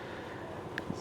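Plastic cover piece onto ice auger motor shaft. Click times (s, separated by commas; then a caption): 0.8 s. A plastic cover piece is pushed over the motor shaft of an ice auger against a steady background hiss, and it gives a short, sharp click at 0.8 s. It clicks on but is not fully seated: it is still touching on one side and needs tapping down.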